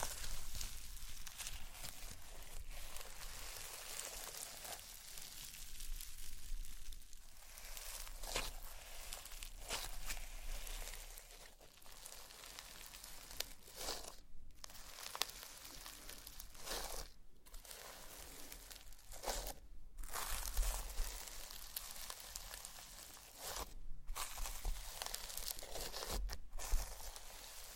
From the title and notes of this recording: ASMR SLIME! 5 Satisfying Slimes For Sleep (No Talking).